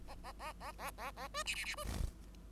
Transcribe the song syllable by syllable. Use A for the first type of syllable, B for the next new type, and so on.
A A A A A A A B C C C B